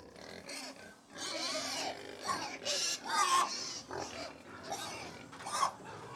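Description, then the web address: Pig herd feeding, harsh squeals coming in repeated bursts over a steady background of grunting and snuffling. About 100 pigs feeding; livestock. "BBC Sound Effects Library BBC Livestock 1 Approx 100 Pigs Feeding - Middle"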